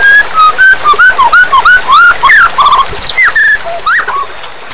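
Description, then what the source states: White-rumped shama song: a loud, varied run of clear whistled phrases, some rising and some falling, delivered in quick succession with brief gaps. Mixed murai song (murai campuran).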